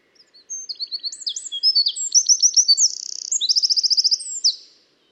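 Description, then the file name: Eurasian wren singing a loud, hurried phrase of high chirps and rippling trills, including a dry buzzy rattle before a final run of quick repeated notes. "Troglodytes troglodytes"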